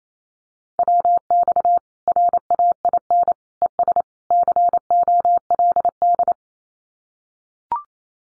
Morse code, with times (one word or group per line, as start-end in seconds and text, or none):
0.8-1.8 WX
2.1-3.3 RAIN
3.6-4.0 ES
4.3-6.3 COLD